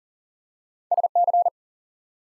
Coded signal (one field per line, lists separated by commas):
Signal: Morse code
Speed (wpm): 42 wpm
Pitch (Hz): 700 Hz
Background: none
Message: SC